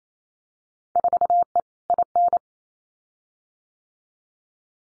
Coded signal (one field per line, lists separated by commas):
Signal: Morse code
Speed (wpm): 28 wpm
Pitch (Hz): 700 Hz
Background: none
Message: 4E IN